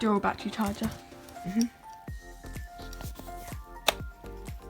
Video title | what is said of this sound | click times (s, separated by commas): UNBOXING & Setup of GoPro HERO 9 Black BUNDLE + Accesories | you go it snaps into place i don't want to do that but you can start charging that there | 3.9 s